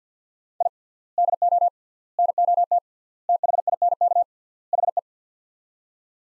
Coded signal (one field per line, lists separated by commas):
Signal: Morse code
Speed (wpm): 50 wpm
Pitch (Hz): 700 Hz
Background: none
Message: I DO NOT THINK HE